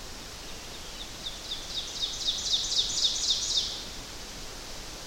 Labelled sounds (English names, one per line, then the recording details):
Ovenbird song
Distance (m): 40 m
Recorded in boreal forest in Alberta, Canada, on 12 June 2016 at 07:08
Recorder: SongMeter 3, array SBT-3-18
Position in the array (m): 240 m, 85 m
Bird 31